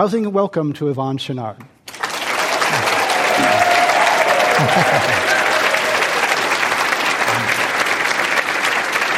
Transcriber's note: applause